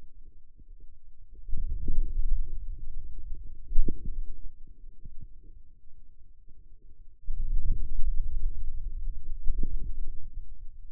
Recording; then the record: forearm muscle sounds (acoustic myography)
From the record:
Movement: hand closing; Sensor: system 2, bracelet of six BSWA MPA416 microphones around the upper forearm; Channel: 5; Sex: male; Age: 22 years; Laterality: right